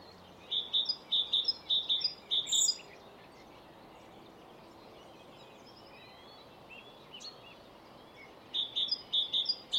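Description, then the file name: Great tit calling in a quick run of high, sharp paired notes, a pause of several seconds, then another rapid burst near the end. "Parus major"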